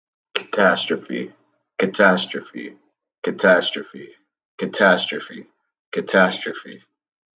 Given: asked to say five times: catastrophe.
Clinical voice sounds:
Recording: repeated word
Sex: male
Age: 20 to 29 years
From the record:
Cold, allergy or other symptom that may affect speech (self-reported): no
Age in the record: 25 years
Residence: Kentucky, United States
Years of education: 12

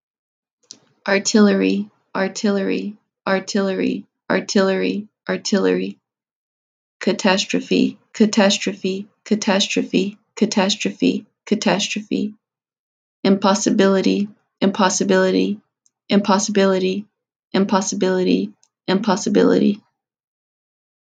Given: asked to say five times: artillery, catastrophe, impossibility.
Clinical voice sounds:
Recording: three words, each repeated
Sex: female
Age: 20 to 29 years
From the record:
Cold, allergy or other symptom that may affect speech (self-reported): no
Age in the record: 29 years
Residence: United States

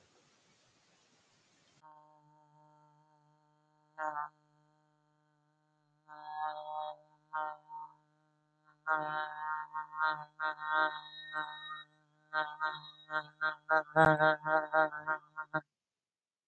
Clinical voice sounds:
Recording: vowel held as long as possible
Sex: female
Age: 20 to 29 years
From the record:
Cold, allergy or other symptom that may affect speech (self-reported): no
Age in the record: 24 years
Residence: California, United States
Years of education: 14

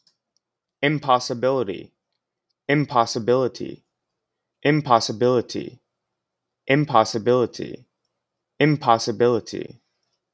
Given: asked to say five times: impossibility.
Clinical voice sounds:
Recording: repeated word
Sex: male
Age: 20 to 29 years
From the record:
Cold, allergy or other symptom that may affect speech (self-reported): no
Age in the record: 24 years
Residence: Maryland, United States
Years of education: 17

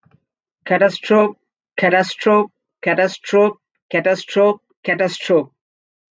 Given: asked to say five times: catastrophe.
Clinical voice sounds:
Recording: repeated word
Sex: male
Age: 30 to 39 years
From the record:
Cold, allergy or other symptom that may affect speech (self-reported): no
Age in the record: 34 years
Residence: New York, United States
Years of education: 16

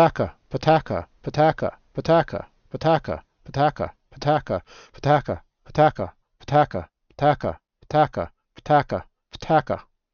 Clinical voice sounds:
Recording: repeated syllables /pa ta ka/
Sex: male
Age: 30 to 39 years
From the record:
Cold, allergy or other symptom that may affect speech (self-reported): no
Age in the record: 37 years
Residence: California, United States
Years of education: 16

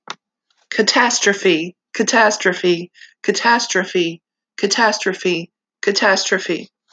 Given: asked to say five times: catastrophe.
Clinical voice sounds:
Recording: repeated word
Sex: female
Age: 50 to 59 years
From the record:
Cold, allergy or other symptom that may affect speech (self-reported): no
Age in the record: 51 years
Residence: Arkansas, United States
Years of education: 6

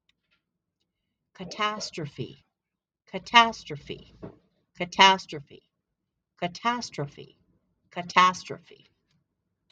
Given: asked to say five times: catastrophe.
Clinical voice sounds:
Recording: repeated word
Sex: female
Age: 60 to 69 years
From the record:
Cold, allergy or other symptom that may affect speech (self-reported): no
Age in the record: 64 years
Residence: Idaho, United States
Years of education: 16

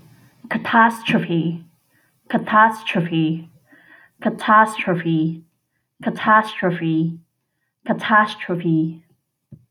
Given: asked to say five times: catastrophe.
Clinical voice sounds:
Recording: repeated word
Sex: female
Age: 20 to 29 years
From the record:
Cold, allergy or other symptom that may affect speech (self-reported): no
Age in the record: 26 years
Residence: Illinois, United States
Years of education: 18

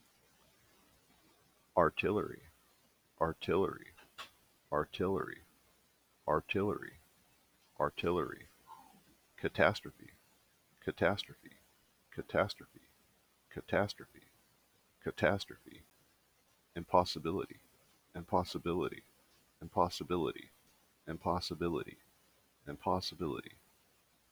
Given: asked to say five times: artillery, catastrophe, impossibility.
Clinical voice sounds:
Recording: three words, each repeated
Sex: male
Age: 30 to 39 years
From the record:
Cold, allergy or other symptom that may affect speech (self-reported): no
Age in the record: 34 years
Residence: California, United States

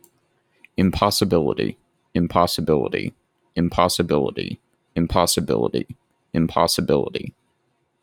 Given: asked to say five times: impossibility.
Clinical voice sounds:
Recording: repeated word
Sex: male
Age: 30 to 39 years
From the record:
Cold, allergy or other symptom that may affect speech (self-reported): no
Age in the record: 33 years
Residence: Georgia, United States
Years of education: 16

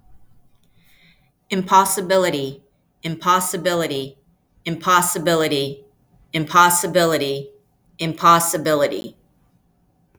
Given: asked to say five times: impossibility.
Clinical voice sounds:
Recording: repeated word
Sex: female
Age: 50 to 59 years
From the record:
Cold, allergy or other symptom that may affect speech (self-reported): no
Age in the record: 55 years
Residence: Massachusetts, United States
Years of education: 14

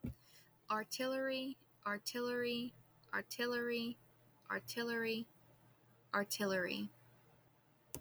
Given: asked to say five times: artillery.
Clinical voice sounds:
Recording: repeated word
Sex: female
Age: 20 to 29 years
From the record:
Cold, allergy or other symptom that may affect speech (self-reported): no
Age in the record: 25 years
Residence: North Carolina, United States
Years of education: 16

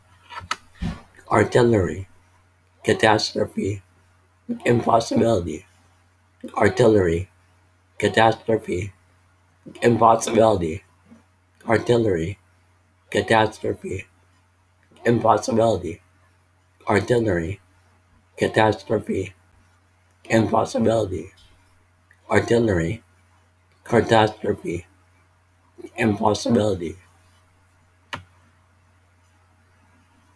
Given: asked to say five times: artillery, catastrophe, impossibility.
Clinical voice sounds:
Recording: three words, each repeated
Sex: male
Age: 40 to 49 years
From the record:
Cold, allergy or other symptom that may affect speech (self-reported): no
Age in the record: 43 years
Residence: California, United States

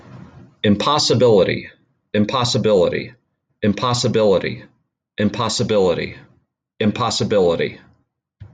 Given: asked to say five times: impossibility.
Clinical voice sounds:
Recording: repeated word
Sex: male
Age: 40 to 49 years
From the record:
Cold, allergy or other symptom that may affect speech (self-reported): no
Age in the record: 47 years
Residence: New York, United States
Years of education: 14

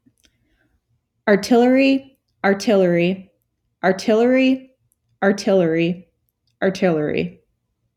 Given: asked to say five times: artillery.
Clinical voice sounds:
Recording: repeated word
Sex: female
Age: 20 to 29 years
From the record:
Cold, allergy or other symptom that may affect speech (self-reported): no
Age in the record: 28 years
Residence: New York, United States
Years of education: 19

